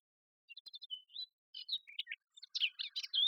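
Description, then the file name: Eurasian blackcap warbling, short bursts of fast, high chattering notes broken by brief pauses, ending in a richer, louder run. "Sylvia atricapilla"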